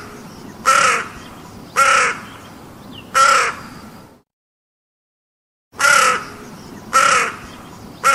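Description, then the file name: Crow calling with harsh, grating caws roughly a second apart, three caws, then a brief silent gap before more. "Cornacchia"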